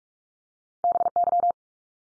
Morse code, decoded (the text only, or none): BY